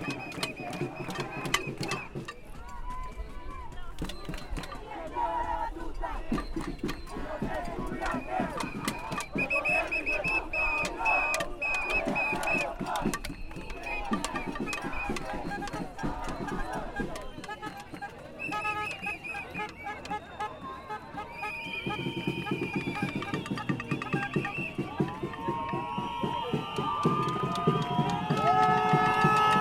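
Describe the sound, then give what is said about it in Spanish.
A marching crowd at a strike march shouts and cheers continuously at office workers leaning out of a building with signs supporting the strike, a dense wash of many voices with sharp whistle-like tones and rhythmic clatter of batucada drumming, loud and steady for the whole half minute. “Gente grita porque hay un edificio, hay personas de una oficina que se asoman con unos carteles que dicen apoyamos el paro y con ruanas además.”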